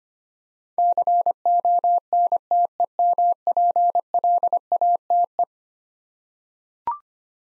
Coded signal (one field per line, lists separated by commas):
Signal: Morse code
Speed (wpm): 25 wpm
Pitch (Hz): 700 Hz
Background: none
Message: CONTEMPLATE